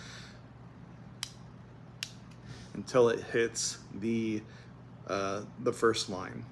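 The dose selector dial on an injector pen is turned two clicks to prime it, until it reaches the first line. Two sharp, short clicks sound at 1.2 s and 2.0 s over a quiet background, and then someone talks.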